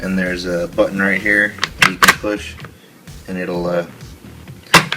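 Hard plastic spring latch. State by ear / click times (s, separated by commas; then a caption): released / 4.9 s. Someone talks while pressing the release button on the polymer folding stock of an Arsenal SLR107F AK47 rifle, which is latched in its folded position against the receiver. The stock unlatches and swings out with a sharp click at 4.9 s, confirming it has released.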